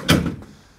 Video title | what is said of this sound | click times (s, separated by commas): 🔥😍 250 kg Motorradbühne und Goldschmitt Camper Plus Evo Smart - PÖSSL ROADCRUISER XL! 🚐🌴 | You heard the snapping. This is the end and now I really have | 0.3 s, 0.4 s